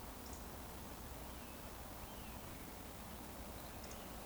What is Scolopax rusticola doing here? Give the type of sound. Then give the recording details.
whistle. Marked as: whistle, whistle. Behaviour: display flight. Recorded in Baden-Württemberg, Germany, on 24 June 2020 at 19:46 UTC. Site 14569, 102 m above sea level